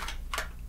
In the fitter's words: snaps into place now we just reinstall the coupler screws and then we're done